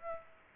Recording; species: mosquito wingbeat signal from an infrared sensor; Aedes aegypti